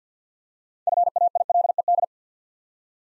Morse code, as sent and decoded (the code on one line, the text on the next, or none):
..-. .- .. .-.. . -..
FAILED